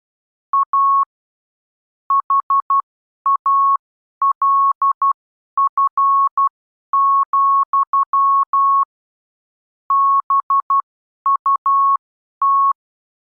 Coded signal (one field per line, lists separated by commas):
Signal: Morse code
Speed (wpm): 12 wpm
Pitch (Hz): 1100 Hz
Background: none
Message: A HALF, BUT